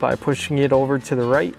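Someone talks while the plastic pin-locking tab on the door wiring connector of a 2023–2026 Chevrolet Colorado or GMC Canyon is handled during a GM Style 2 tow mirror installation. After the extension harness pins are inserted, the tab is pushed over to the right to lock the pins back in. Nothing has seated or clicked yet.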